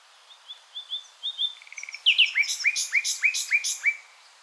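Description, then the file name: Common nightingale song: soft high whistles, a brief buzzy rattle, then loud repeated down-slurred notes with bright buzzy overtones. "Luscinia megarhynchos"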